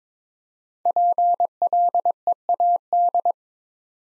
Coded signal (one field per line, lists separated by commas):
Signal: Morse code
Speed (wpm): 22 wpm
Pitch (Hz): 700 Hz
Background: none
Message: PLEAD